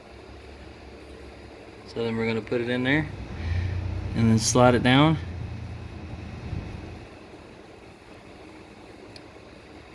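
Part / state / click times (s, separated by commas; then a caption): retainer clip on fuel line quick-connect fitting / seated / 9.2 s. A retainer clip, folded end facing inward, is inserted and slid down onto the fuel line quick-connect for the flex-fuel sensor on a 2016-2020 Camaro SS. Someone talks over a low steady background hum, and then a small click is heard at 9.2 s. The clip locks in and can't be pulled back out.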